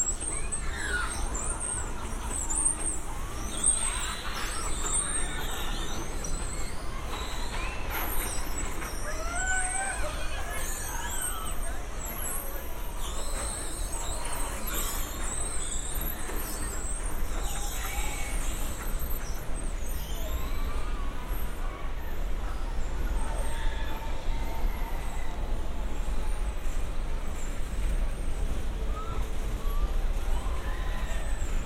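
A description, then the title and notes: Santa Monica Pier: a constant low rumble with a busy wash of voices, shrieks and chirping squeals over it, and brief clunks throughout. Santa Monica Pier. A binaural field recording. Watching the bumper cars, the roller coasters.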